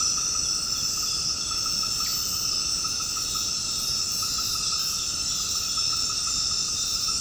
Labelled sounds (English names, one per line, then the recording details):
none
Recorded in secondary vegetation near Puerto Asís, Putumayo, Colombia, on 18 February 2024 at 20:30
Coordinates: 0.468, -76.324
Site G6381